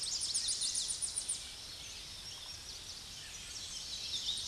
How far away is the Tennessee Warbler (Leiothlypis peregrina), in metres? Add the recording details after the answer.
about 40 m. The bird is about level with the microphone. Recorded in a Pennsylvania forest on 16 May 2024 at 06:43. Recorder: AudioMoth, point MSD-0263. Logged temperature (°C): 16.0 °C. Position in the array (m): 70 m, 175 m